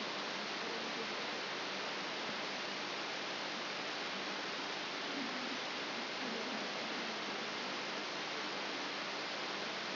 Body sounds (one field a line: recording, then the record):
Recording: brain microelectrode recording played as sound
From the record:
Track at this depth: outside the subthalamic nucleus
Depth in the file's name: 5.901 mm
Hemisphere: left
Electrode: 3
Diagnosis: Parkinson's disease